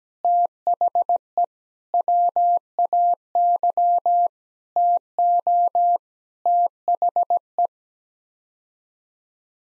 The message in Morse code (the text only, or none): THE WAY TO THE